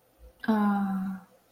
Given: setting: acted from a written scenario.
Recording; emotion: vocal sound without words; disappointment